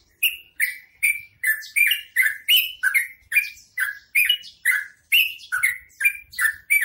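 Bird song of rapid, repeated chirping notes, each a harsh burst sliding around a strong middle pitch with bright high overtones, about two to three notes per second, steady throughout.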